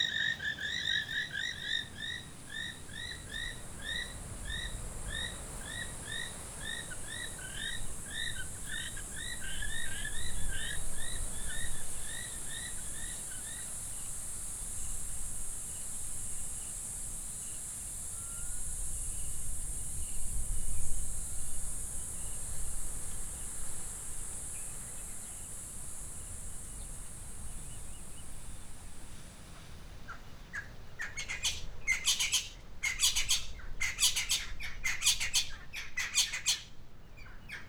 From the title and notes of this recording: Mmabolela Reserve, Limpopo, South Africa. With the exception of one particularly rainy day at the homestead, everything was recorded far from human interference.